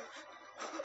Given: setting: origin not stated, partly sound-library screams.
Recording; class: one-second piece from a danger detection set; woman in danger